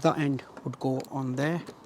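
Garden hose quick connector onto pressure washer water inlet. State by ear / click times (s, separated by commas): not seated / none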